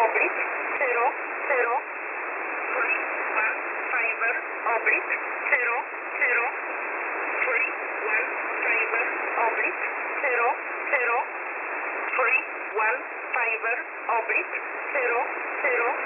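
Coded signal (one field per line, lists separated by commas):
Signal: numbers station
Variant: E11 Oblique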